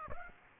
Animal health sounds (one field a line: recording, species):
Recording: mosquito wingbeat signal from an infrared sensor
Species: Aedes aegypti